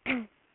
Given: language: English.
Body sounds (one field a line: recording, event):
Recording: throat vibration sensor signal played as sound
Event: throat clearing